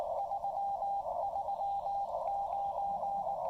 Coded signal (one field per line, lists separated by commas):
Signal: Morse code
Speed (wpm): 19 wpm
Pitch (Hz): 800 Hz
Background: radio noise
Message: 339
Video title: Enjoying a Casual Trailside QRP Park Activation with the Xiegu X5105 and PackTenna 9:1 UNUN